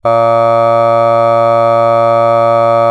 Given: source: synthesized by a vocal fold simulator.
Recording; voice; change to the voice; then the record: sustained vowel; male; aspiration noise (breathiness), level 2 of 10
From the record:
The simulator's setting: 0.26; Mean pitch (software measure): 115 Hz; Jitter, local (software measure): 0.22%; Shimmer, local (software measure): 1.0%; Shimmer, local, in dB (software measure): 0.09 dB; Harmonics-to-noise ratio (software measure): 30.2 dB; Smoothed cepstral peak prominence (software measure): 22.6 dB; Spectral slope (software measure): -17.2 dB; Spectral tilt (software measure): -9.3 dB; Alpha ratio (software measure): -7.6 dB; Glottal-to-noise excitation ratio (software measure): 0.992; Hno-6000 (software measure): 2.5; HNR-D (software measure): 24.3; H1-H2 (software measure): 4.9 dB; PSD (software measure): 1.9e-05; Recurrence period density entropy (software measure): 0.110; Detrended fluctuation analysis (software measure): 0.0546